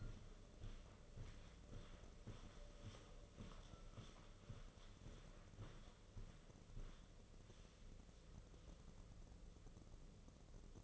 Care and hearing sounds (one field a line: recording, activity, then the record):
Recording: daily activity, microphone in the room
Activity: walk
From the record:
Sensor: 4